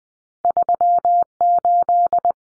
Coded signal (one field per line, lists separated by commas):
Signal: Morse code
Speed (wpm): 20 wpm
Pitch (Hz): 700 Hz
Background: none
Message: 38